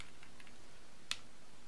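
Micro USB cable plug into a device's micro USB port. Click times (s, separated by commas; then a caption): 1.1 s. A nearly new micro USB cable plug is pushed into a device's micro USB port, with a few faint ticks early on. Its metal retention clips catch with a single sharp, small click at 1.1 s, and the plug is seated.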